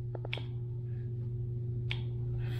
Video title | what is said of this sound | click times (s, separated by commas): Securing a Backyard Discovery Pergola to Concrete | that click is telling you that uh the force required to turn that nut on that bolt is | 0.3 s, 1.9 s